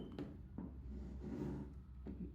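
An interchangeable lens is lined up by its dot and set down onto a Nikon camera body's bayonet mount, before being twisted to lock. Only soft contact and handling noises are heard, with light taps near 0.1, 0.2, 0.6 and 2.1 seconds. Nothing has clicked or locked yet.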